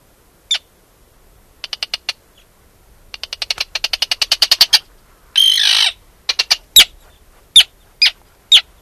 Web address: arctic tern